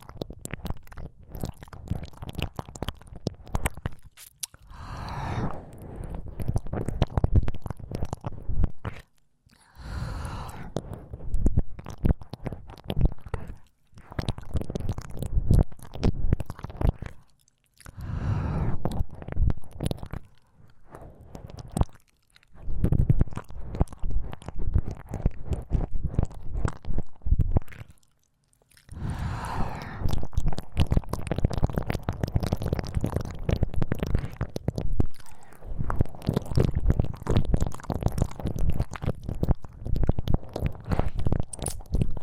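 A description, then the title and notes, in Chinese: Ear licking: dense, wet squishing and smacking sounds run in steady bursts, broken by short silent gaps near 9, 17, 22 and 28 seconds. Soft, breathy swells rise around 5, 10 and 29 seconds, with a low, muffled rumble underneath throughout. ASMR×KU100 | 舔耳 | 耳舐め | Ear Licking | NO Talking。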